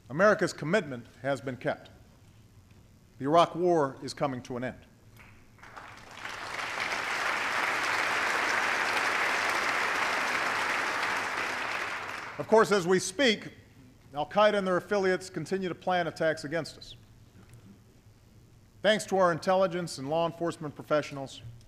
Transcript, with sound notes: America’s commitment has been kept. The Iraq war is coming to an end. (Applause.) Of course, as we speak, al Qaeda and their affiliates continue to plan attacks against us. Thanks to our intelligence and law enforcement professionals,